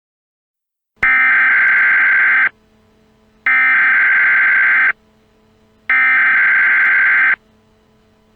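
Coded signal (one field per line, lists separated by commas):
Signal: Emergency Alert System (SAME) tones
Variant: header bursts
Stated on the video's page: Fictional EAS scenario with possibly valid SAME tones, simulated alerts for a made-up severe weather event.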